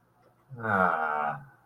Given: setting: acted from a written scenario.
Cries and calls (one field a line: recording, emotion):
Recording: vocal sound without words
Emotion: serenity